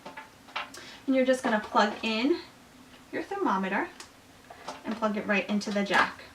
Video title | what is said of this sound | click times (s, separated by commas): How to use a Thermometer | okay it snaps right in and wraps very nicely around the little portable carrying case | 0.6 s